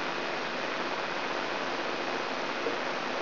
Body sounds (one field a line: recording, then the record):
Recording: brain microelectrode recording played as sound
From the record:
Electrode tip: inside the subthalamic nucleus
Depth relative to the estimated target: 2 mm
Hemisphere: right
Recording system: AlphaMap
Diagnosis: Parkinson's disease